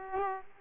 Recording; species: mosquito wingbeat signal from an infrared sensor; Aedes aegypti